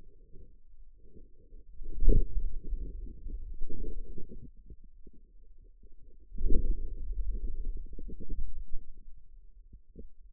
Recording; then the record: forearm muscle sounds (acoustic myography)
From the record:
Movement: hand closing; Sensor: system 2, bracelet of six BSWA MPA416 microphones around the upper forearm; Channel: 5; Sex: male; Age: 22 years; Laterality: right